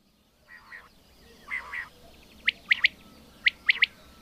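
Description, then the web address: Common quail song: a few soft nasal notes, then two sharp, high three-note phrases, each a quick 'whit, whit-whit', about a second apart. "agykontroll Madardalok Cd 2. Fürj"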